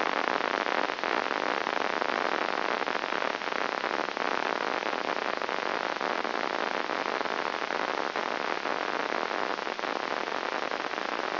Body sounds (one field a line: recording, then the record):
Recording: brain microelectrode recording played as sound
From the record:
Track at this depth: outside the subthalamic nucleus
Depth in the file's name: 0.306 mm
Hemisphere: left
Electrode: 2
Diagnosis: Parkinson's disease